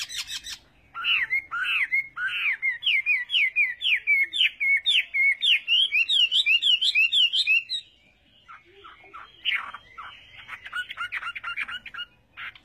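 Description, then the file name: Chinese hwamei song: a long series of repeated looping whistles, about two each second, then a brief gap and a quicker chattering passage. "Tieng hoa mi hot"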